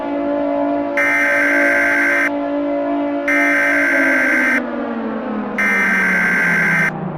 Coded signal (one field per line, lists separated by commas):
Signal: Emergency Alert System (SAME) tones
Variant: header bursts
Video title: EAS Scenario 1: Slenderman Ramage